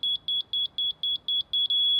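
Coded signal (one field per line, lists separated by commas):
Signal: none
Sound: a laser level receiver's beeps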